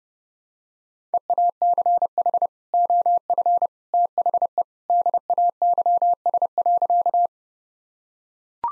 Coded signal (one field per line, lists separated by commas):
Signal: Morse code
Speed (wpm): 32 wpm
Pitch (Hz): 700 Hz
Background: none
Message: EACH OF THE DAYS.